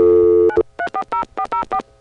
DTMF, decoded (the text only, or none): 9340404